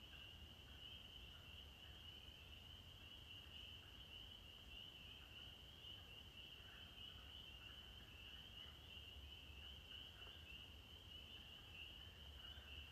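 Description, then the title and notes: Spring peepers in full chorus, a continuous high bell-like ringing from many frogs. Males singing at dusk in an April evening chorus in Maine, heard from a porch, 15 April 2023, after the winter freeze; sleigh-bell-like sound. "April 15, 2023. the most glorious, joyful sound in Maine. the sound of the spring peepers, or pseudacris crucifer"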